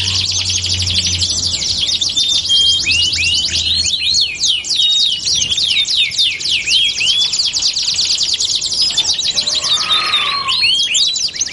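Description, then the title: Belgian canary song, a dense, fast run of rolling trills and bright sweeping whistles that keeps going without a break, with a faint low hum at the start. Belgian canary song used to warm up canaries and prompt them to sing along within seconds. "Canto Para Esquentar Canário Belga. LANGSUNG NYAUT. Pancingan suara kenari hitungan detik langsung ikut bunyi"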